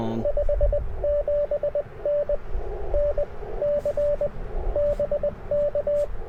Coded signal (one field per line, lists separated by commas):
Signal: Morse code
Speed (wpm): 20 wpm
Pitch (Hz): 590 Hz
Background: radio noise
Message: 57N NC BK